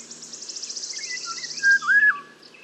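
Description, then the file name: Eurasian golden oriole song: one mellow whistled phrase with a rising and falling loop, overlapping the end of a high pulsing trill. "Mathias Ritschard - Obyknovennaya ivolga Oriolus oriolus"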